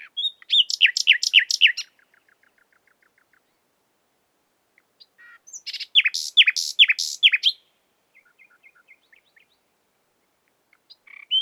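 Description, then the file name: Common nightingale singing bursts of repeated sweeping notes and soft ticking trills, separated by pauses, with another phrase starting at the end. "Luscinia megarhynchos"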